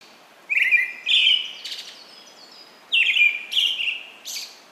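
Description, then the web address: Brown-headed thrush song: two phrases, each a clear whistled note followed by higher whistles and a thin, fizzy trill, with a pause between. "izumino saunndo akahara"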